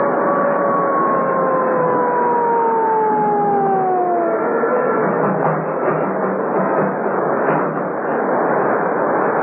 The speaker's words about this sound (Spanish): Calimán interrumpió su frase al escuchar el ulular de una patrulla que se acercaba por la costa